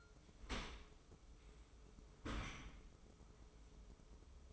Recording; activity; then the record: daily activity, microphone in the room; open dishwasher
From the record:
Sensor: 1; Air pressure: 995.8 hPa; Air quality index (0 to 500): 61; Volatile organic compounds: 2 ppm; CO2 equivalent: 1216 ppm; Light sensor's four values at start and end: 32/111/43/45 and 32/110/42/45